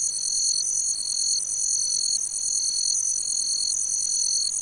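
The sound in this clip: Cricket chirping, a steady high continuous trill with a second, lower tone that breaks off briefly about every three quarters of a second, no other sounds.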